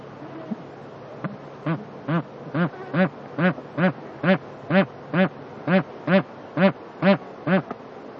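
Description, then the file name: Bar-headed goose giving nasal, arching honks in a steady series of about fourteen, roughly two or three each second, after a quiet start. "anser indicus"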